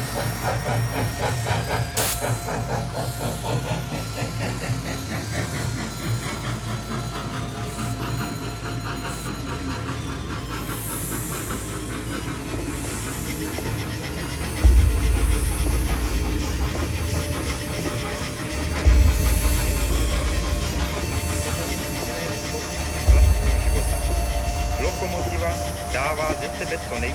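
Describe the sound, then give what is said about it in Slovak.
A steam locomotive hauls a train along an open line at 100 km per hour. It runs steadily with a constant broad hiss and rattling clatter, while heavy low rumbling surges swell in at regular intervals over the noise. “A na širé trati jede vlak rychlostí 100 km za hodinu, což trojvůdce sleduje na rychlostě.”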